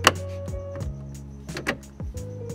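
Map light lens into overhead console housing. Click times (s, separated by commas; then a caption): 0.1 s. A plastic front map light lens on a 2nd-gen (2009-2015) Honda Pilot is lined up at its outer edge and then pressed at its inner portion into the overhead console housing. It snaps into place with a sharp click at 0.1 s, followed by faint tonal background sound and a few softer taps and knocks. The lens is seated.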